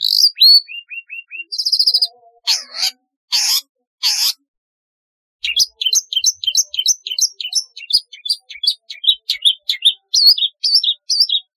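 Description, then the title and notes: Long-tailed shrike song mixing a few buzzy trills and loud harsh bursts, a short pause, then a long lively sequence of quick varied chirps. "Kicau Burung Cendet"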